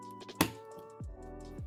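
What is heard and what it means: A second RAM module is pressed down into its DIMM slot on a motherboard, giving one sharp thunk-like click at 0.4 s over quiet background music. The memory seats in the slot and is installed.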